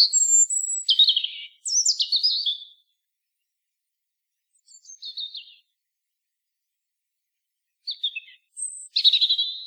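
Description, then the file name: European robin song in several short bursts: high piping notes, cascading warbles and thin squeaky fragments, separated by brief pauses. "Erithacus rubecula"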